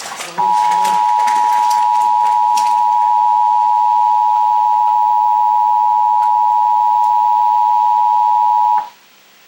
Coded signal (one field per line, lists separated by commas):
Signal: Emergency Alert System (SAME) tones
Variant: 853 and 960 Hz attention tone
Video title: Severe Thunderstorm Warning Portland Oregon EAS June 4 2009